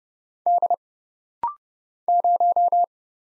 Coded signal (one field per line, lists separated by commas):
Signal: Morse code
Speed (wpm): 30 wpm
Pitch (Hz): 700 Hz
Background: none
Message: D 0